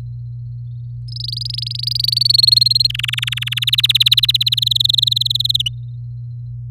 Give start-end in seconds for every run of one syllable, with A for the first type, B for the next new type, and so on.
1.08-2.19 A, 2.21-2.87 B, 2.89-3.59 C, 3.62-4.54 D, 4.57-5.62 E, 5.66-5.68 F